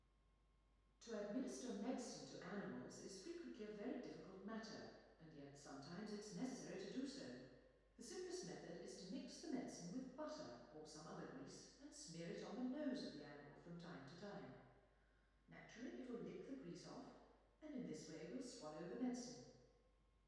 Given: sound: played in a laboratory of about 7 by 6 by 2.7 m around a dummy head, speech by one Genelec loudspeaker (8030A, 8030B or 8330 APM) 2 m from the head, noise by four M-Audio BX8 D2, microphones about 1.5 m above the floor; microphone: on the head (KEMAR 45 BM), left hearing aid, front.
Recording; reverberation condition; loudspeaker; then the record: female speech in English; high; 150 degrees to the right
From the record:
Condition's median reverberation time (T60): about 1300 ms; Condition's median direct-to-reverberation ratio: about -4.0 dB